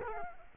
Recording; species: mosquito wingbeat signal from an infrared sensor; Culex quinquefasciatus